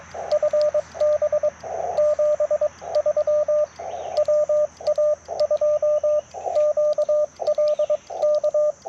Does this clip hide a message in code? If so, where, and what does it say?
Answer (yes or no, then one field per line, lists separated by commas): yes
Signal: Morse code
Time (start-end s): 0.3-8.7 s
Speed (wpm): 21 wpm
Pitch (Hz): 600 Hz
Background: radio noise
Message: FB 73 WA2QLK